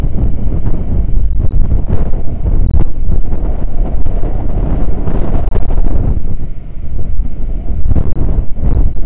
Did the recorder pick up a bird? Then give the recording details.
no. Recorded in the Prudhoe Bay oil fields, Alaska, on 9 August 2019 at 00:00. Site 29